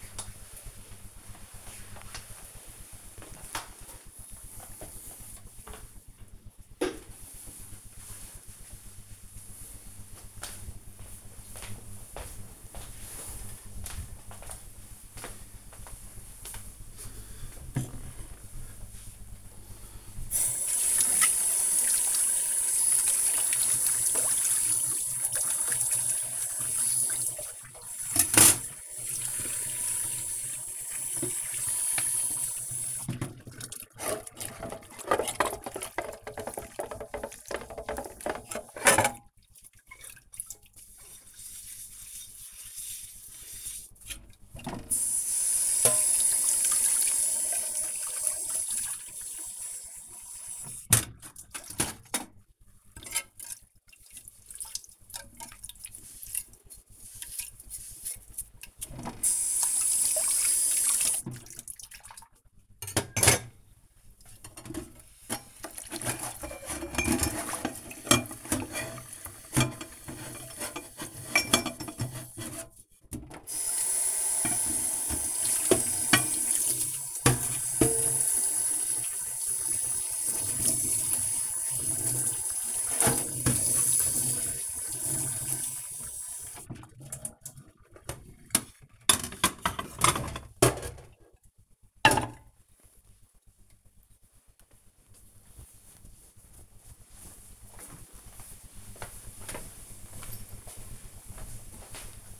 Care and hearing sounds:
household activities, microphone on the right wrist
0.00-4.62 s: floor cleaning
18.69-93.14 s: washing dishes

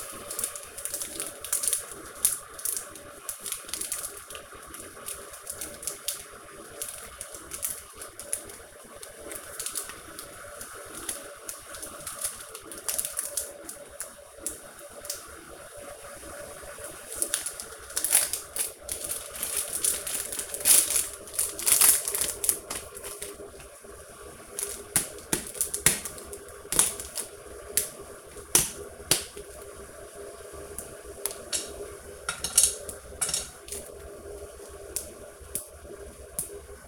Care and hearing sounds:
household activities, microphone on the right wrist
0.00-36.87 s: baking

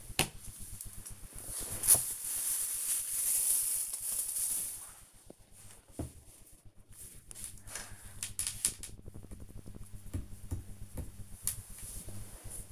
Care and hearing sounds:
household activities, microphone on the right wrist
0.00-12.72 s: cleaning the cupboard

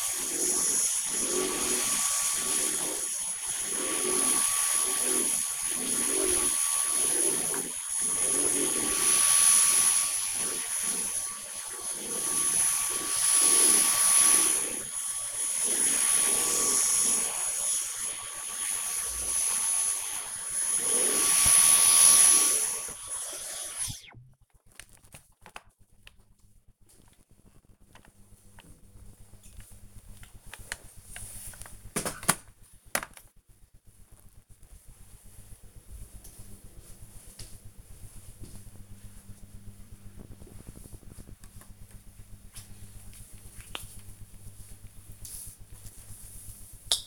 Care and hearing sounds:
household activities, microphone on the right wrist
0.00-23.49 s: vacuum cleaning
40.64-47.07 s: cream hands

